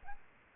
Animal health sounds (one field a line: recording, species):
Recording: mosquito wingbeat signal from an infrared sensor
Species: Aedes albopictus